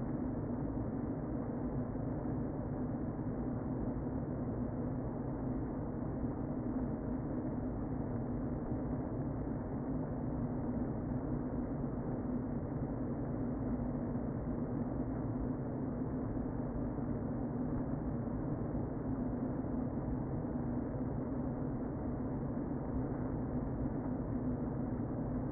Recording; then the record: honeybee colony, microphone inside the hive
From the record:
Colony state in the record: queen present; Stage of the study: before two queens were removed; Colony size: about 60,000 bees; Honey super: yes